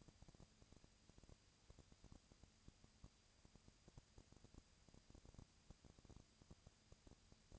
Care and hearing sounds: daily activity, microphone in the room; no activity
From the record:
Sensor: 2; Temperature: 20.1 degrees Celsius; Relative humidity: 35.5%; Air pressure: 997.0 hPa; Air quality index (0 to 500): 197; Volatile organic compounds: 30 ppm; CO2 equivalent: 2958 ppm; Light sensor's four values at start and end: 2/3/2/2 and 2/3/2/2

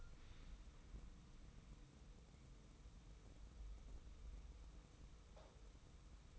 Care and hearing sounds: daily activity, microphone in the room; wipe stove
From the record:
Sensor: 1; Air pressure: 990.5 hPa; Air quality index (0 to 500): 178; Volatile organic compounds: 1000 ppm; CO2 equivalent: 6558 ppm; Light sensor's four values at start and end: 32/74/32/35 and 32/74/32/34

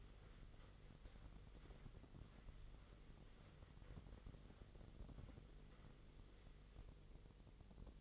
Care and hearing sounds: daily activity, microphone in the room; wipe stove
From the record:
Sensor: 4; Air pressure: 1004.2 hPa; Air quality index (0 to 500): 158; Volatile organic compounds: 2 ppm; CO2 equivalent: 1126 ppm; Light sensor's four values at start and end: 14/34/14/15 and 14/34/14/15

